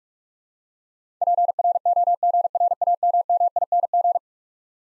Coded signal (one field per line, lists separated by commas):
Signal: Morse code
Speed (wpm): 42 wpm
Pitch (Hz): 700 Hz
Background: none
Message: PROGRAMMING